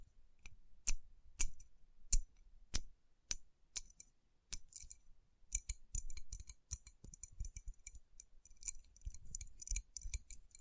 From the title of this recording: Tapping & Rubbing Rhinestone Covered Palms